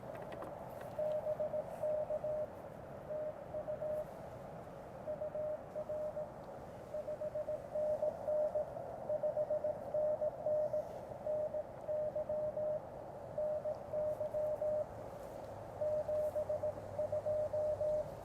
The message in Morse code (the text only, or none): BK TU UR 5NN 5NN NY NY 72